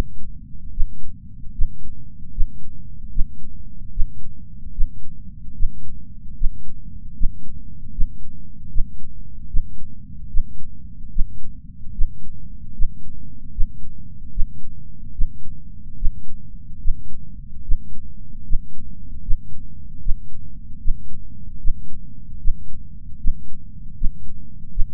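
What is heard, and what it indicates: Steady low-pitched heart sounds thump at about 75 beats a minute, with a fairly regular rhythm over a continuous low rumble. It is a plain heartbeat, with no spoken words.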